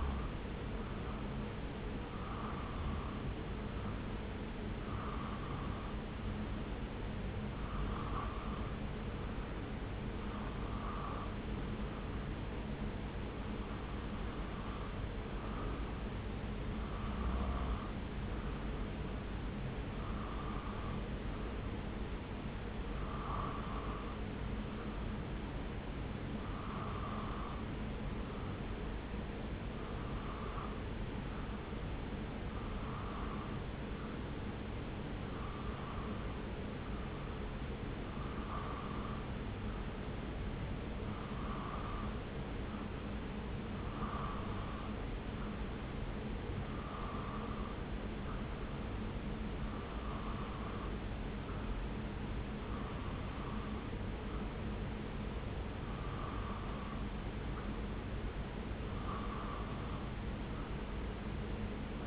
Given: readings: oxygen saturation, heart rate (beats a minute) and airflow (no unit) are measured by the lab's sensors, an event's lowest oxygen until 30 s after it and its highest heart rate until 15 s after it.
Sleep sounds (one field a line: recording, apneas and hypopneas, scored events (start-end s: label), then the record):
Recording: breathing in sleep by a voice recorder at the bedside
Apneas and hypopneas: none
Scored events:
none scored
From the record:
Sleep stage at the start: N2 (light sleep)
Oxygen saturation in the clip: 90 to 93%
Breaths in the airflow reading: 24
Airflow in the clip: -0.6 to 0.7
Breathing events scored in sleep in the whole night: 335 in 6.7 hours asleep